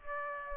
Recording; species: mosquito wingbeat signal from an infrared sensor; Aedes aegypti